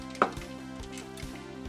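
A plastic fire-button microswitch inside a retro Competition Pro joystick for the Amiga is pressed forward with great force into its plastic holder clip in the joystick base until it snaps past a barb. One sharp click is heard at 0.2 s over a steady tonal background, followed by a few faint low thumps. The switch is seated and locked in so it cannot slide back.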